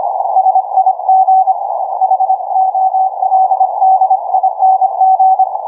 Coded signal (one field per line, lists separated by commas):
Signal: Morse code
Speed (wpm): 26 wpm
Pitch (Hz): 760 Hz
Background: none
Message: SIG HOLDING